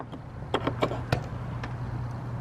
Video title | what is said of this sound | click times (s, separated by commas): EASY CLASS C RV HEADLIGHT ASSEMBLY REPLACEMENT | A little bit of a click there, that's good. | 0.6 s, 1.1 s